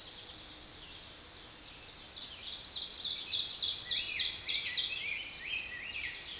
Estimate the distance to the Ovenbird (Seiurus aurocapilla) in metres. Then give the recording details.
about 15 m. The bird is about level with the microphone. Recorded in a Pennsylvania forest on 16 May 2024 at 06:57. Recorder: AudioMoth, point MSD-2287. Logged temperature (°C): 11.2 °C. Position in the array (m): 137 m, 9 m